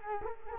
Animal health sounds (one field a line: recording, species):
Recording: mosquito wingbeat signal from an infrared sensor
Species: Culex quinquefasciatus